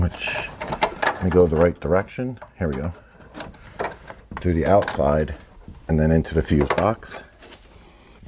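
A door wiring harness is fed back through and toward the fuse box of a Chevy Silverado truck while someone talks, with a few brief handling taps and knocks between the speech. Nothing has seated or clicked into the fuse box yet.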